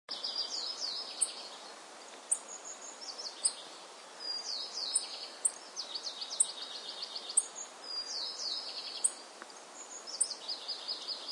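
White-browed bunting: bird singing high, rapid, jangling phrases of sharp repeated notes, several phrases in a row, with soft hiss behind.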